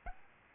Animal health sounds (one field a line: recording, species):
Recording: mosquito wingbeat signal from an infrared sensor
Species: Aedes albopictus